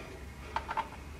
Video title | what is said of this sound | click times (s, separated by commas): Accelerated Cellular Extender: 6200-FX Install | just a little click just a little twist again | 0.6 s